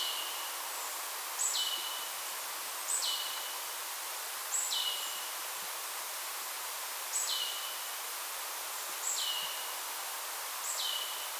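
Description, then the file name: Marsh tit calls, each a bright high note dropping into a lower segment, repeated roughly every one and a half to two and a half seconds against a steady hiss. "Poecile palustris"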